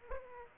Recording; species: mosquito wingbeat signal from an infrared sensor; Aedes aegypti